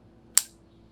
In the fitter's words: that's it now it's snapped into place there